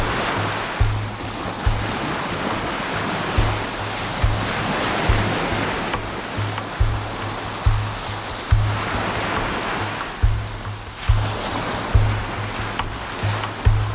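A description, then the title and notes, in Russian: Waves wash along the Atlantic coast of Portugal in a steady, dense hiss of surf that swells louder around the fourth and eleventh seconds. Underneath, low wind buffeting thumps on the microphone at a fairly regular beat, roughly once a second. Тропа рыбака в Португалии. Волны побережья. Запись сделана во время многодневного похода по тропе рыбака.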